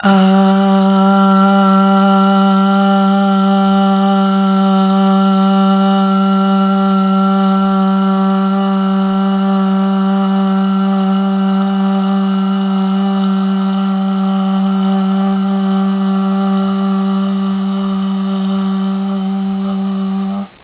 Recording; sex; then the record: sustained vowel /a/; female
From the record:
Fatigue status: fatigue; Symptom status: symptomatic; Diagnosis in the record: COVID-19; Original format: 3gp